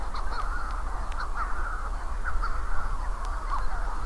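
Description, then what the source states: Manx Shearwaters calling in a chorus of harsh, crowing cackles from many birds overlapping throughout, over a steady low rumble. Many wild birds calling after dark before midnight on an overcast, starless night in June 2018 on Skomer Island, Wales; pairs calling to find each other during a census.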